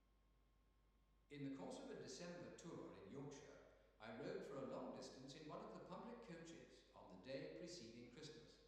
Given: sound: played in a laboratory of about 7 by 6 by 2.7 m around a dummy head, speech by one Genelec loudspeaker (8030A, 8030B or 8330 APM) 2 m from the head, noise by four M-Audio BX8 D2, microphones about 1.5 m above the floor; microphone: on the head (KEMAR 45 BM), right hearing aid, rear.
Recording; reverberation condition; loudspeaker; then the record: male speech in English; high; behind (180 degrees)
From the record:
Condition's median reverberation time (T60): about 1300 ms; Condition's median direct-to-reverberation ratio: about -4.0 dB